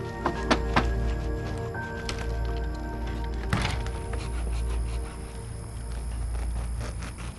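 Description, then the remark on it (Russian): A few sharp knocks on a door, two quick raps early on and another a few seconds later, over a steady low background hum. “пришел и постучал в дверь.”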